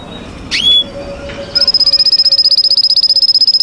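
Canary song: a sharp rising call note, then a fast, even trill of rapid repeated notes that continues to the end.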